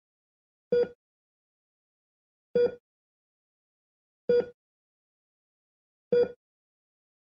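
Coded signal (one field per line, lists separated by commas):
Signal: none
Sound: piano played beep imitation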